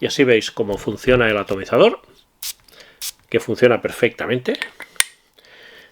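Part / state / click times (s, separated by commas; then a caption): metal cap onto perfume bottle atomizer neck / seated / 5.0 s. Someone talks, then sprays a perfume atomizer in short hissing bursts, including a spray at about 2.4 s. A heavy metal cap is then pushed back onto the perfume bottle's atomizer neck and clicks shut at 5.0 s, seating firmly.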